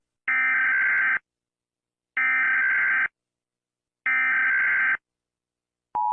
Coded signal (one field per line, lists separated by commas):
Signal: Emergency Alert System (SAME) tones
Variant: header bursts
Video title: eas scenario catemojibabyheat part 1